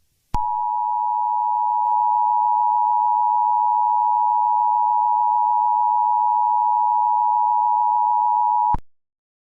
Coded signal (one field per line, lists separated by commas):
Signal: Emergency Alert System (SAME) tones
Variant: 853 and 960 Hz attention tone